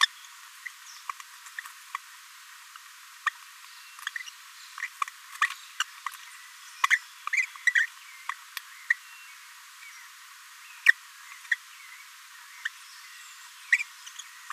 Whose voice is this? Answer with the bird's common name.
Green-rumped Parrotlet